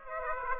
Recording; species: mosquito wingbeat signal from an infrared sensor; Aedes aegypti